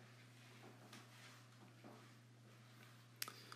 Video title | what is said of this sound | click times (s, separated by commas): GDP Tuning LML Switch Installation for Shift on the fly | sure everything's secure you see there it's locked locked on that side and now | 3.2 s